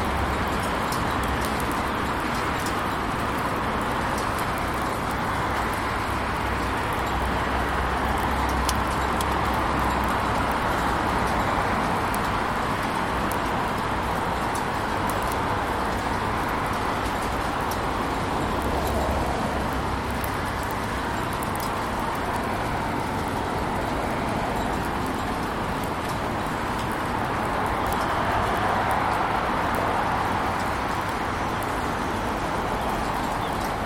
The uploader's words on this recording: A number of recordings of rain in my backyard, in town, at work.